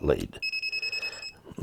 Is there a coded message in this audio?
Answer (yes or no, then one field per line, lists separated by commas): no